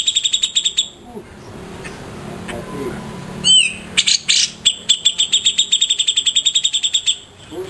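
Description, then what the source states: Grey-cheeked bulbul song: a fast train of sharp, bright notes, a pause, a swooping whistle, then the fast train resumes. Long-duration tutor song for training caged birds.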